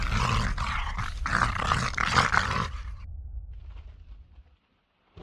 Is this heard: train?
no